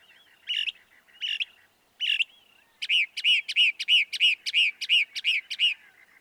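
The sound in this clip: Northern mockingbird singing: three spaced harsh notes, then a steady run of many rising-and-falling chirps repeated quickly.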